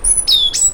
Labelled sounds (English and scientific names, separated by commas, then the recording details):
Stitchbird (Notiomystis cincta) song
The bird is a male
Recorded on Tiritiri Matangi Island, New Zealand, in 2005
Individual 12, of nest box 16